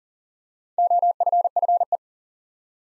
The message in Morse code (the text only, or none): OFFE